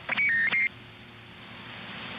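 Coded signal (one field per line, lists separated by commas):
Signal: roger beep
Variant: CB radio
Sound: a quick three-note electronic beep with clicks, then radio hiss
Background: radio static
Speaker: your Roger beeps on the transmission before that started to sound a little wonky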